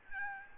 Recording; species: mosquito wingbeat signal from an infrared sensor; Aedes albopictus